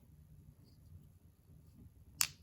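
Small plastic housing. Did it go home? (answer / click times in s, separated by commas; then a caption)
partly / 2.2 s. A 3D-printed plastic half of a homemade zinc-carbon cell housing is pressed gently into its mating hole, with its half-circle key lined up. After quiet low rumble, a single sharp, bright click sounds at 2.2 seconds. The half is only partly in at that click and still goes in a little further.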